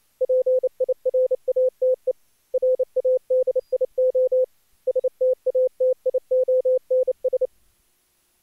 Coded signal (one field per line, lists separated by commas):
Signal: Morse code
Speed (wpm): 28 wpm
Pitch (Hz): 510 Hz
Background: none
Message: PIRATE RADIO STATIONS